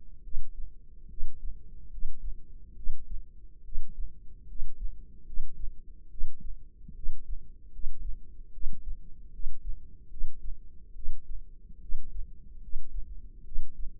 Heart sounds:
heart sounds by microphone in the left ear; 73 bpm
0.22 s: heartbeat
1.07 s: heartbeat
1.89 s: heartbeat
2.74 s: heartbeat
3.62 s: heartbeat
4.46 s: heartbeat
5.24 s: heartbeat
6.08 s: heartbeat
6.93 s: heartbeat
7.70 s: heartbeat
8.51 s: heartbeat
9.30 s: heartbeat
10.08 s: heartbeat
10.93 s: heartbeat
11.79 s: heartbeat
12.59 s: heartbeat
13.43 s: heartbeat
From the record:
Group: healthy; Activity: rest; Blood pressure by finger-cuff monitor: 126/69 mmHg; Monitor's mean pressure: 86 mmHg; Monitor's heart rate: 72 bpm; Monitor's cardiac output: 6.9 L/min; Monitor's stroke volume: 94 mL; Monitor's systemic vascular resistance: 910 dyn s/cm5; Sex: female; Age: 22 years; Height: 154 cm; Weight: 58.7 kg

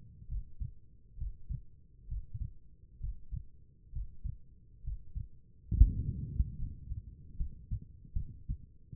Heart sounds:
heart sounds by stethoscope; 69 bpm
0.27 s: heartbeat
1.17 s: heartbeat
2.07 s: heartbeat
2.99 s: heartbeat
3.92 s: heartbeat
4.83 s: heartbeat
5.71 s: heartbeat
6.57 s: heartbeat
7.37 s: heartbeat
8.13 s: heartbeat
From the record:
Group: healthy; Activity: breath hold 0-7 s, rest 7-9 s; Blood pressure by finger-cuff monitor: 88/60 mmHg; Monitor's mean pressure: 67 mmHg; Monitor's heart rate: 66 bpm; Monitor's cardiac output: 4.4 L/min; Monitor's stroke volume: 67 mL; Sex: female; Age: 36 years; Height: 163 cm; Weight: 88 kg

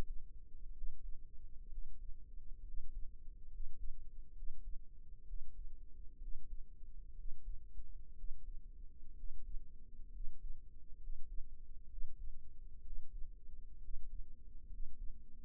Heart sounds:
heart sounds by microphone in the right ear; 64 bpm
0.72 s: heartbeat
1.68 s: heartbeat
2.62 s: heartbeat
3.48 s: heartbeat
4.33 s: heartbeat
5.24 s: heartbeat
6.18 s: heartbeat
7.14 s: heartbeat
8.14 s: heartbeat
9.14 s: heartbeat
10.10 s: heartbeat
10.97 s: heartbeat
11.87 s: heartbeat
12.81 s: heartbeat
13.79 s: heartbeat
14.67 s: heartbeat
From the record:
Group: healthy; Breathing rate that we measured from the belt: 17 breaths a minute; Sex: male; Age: 22 years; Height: 181 cm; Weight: 79 kg

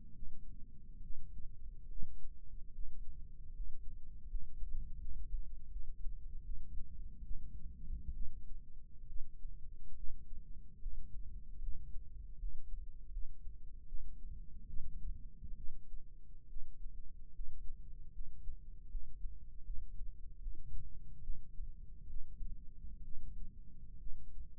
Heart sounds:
heart sounds by microphone in the left ear; 73 bpm
0.15 s: heartbeat
1.02 s: heartbeat
1.88 s: heartbeat
2.72 s: heartbeat
3.54 s: heartbeat
4.29 s: heartbeat
5.00 s: heartbeat
5.71 s: heartbeat
6.44 s: heartbeat
7.23 s: heartbeat
8.14 s: heartbeat
9.07 s: heartbeat
9.96 s: heartbeat
10.80 s: heartbeat
11.61 s: heartbeat
12.38 s: heartbeat
13.11 s: heartbeat
13.87 s: heartbeat
14.67 s: heartbeat
15.56 s: heartbeat
16.48 s: heartbeat
17.33 s: heartbeat
18.13 s: heartbeat
18.89 s: heartbeat
19.64 s: heartbeat
20.40 s: heartbeat
21.22 s: heartbeat
22.08 s: heartbeat
23.03 s: heartbeat
23.98 s: heartbeat
From the record:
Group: healthy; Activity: rest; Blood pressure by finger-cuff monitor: 143/69 mmHg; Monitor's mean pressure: 91 mmHg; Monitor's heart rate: 73 bpm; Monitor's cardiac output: 6.7 L/min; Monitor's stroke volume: 90 mL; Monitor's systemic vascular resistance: 1000 dyn s/cm5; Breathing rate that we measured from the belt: 8 breaths a minute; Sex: female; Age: 37 years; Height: 168 cm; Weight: 70 kg

